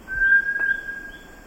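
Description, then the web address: Bartlett's tinamou giving a pure, steady whistled note that fades. Recorded in the eastern lowlands of South America. "Natures Songs S America Eastern Lowlands Bartlett's Tinamou"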